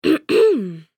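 A short, rough throat-clearing burst is followed by a brief gap, then a longer voiced 'ahem' that slides down in pitch, lasting under a second. It is an acted adult female cough and throat clear from a sound-effects library.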